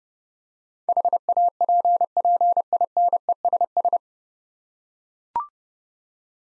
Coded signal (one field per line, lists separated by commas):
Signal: Morse code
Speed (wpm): 30 wpm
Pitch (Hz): 700 Hz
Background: none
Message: HAPPINESS